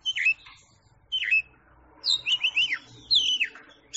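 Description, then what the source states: Oriental magpie-robin song: several bursts of clear whistled phrases, including quick runs of slurred rising and falling notes, with a faint low hum beneath. Champion singing bird.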